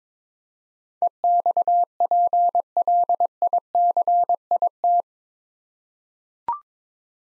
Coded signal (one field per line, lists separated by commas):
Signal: Morse code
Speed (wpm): 22 wpm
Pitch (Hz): 700 Hz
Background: none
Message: EXPLICIT